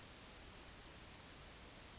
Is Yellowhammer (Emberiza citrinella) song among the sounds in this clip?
no